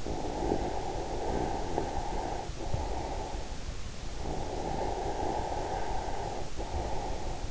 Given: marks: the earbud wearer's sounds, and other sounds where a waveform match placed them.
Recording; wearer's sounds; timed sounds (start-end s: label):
sounds in sleep by an in-ear microphone; snoring breath
0.00-3.54 s: snoring breath
4.20-7.44 s: snoring breath